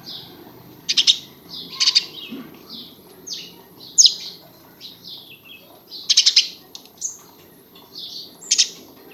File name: Passer domesticus